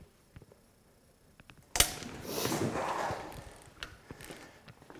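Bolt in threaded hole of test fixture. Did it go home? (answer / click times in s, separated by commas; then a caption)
no / none. A bolt in the threaded hole of a test fixture is driven to 190 torque with an impact wrench, in a comparison of the Milwaukee FUEL M12 Stubby and the Ridgid 18-Volt Sub-Compact. A faint tick comes at 1.5 s, then a sharp loud burst at about 1.8 s opens into a broad, noisy roar lasting until about 3.5 s, followed by a few scattered ticks. The hole's threads strip out under the torque, and nothing has seated or clicked.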